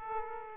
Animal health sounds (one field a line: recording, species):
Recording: mosquito wingbeat signal from an infrared sensor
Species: Aedes aegypti